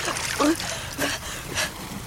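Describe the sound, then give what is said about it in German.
Water sloshes and splashes in three soft, evenly spaced bursts around a swimmer in salt water, like slow strokes or kicks, over a constant low watery murmur. “Leg dich gerade aufs Wasser.”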